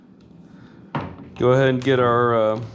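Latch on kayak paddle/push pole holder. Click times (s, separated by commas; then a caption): 1.0 s. A plastic latch on a paddle and push pole holder for a Hobie Compass kayak is closed, and it seats with one sharp click at 0.9 s. Then someone talks.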